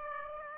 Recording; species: mosquito wingbeat signal from an infrared sensor; Aedes aegypti